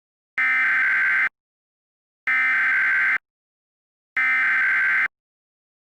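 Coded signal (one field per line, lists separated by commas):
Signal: Emergency Alert System (SAME) tones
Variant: header bursts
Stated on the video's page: Simulated EAS tones with valid tones in a fictional scenario.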